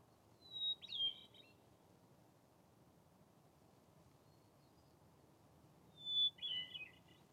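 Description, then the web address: Hermit thrush song: a clear whistled note followed by a fluttery burst of tones, two phrases several seconds apart, over steady low background hiss. Recorded at a bivy on Defiance summit on 8 July 2022. "2022-07-08-defiance-summit-bivy hermit-thrush"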